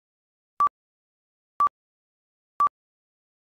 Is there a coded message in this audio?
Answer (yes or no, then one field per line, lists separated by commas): no